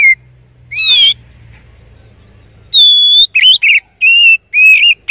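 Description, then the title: Oriental magpie-robin song: a clear whistled note, a harsh buzzy burst, then after a pause loud pure whistles and short slurred phrases in quick succession, with faint low hum early on. Songbird training recording (masteran) of a champion oriental magpie-robin (kacer). "Masteran Kacer Juara 1"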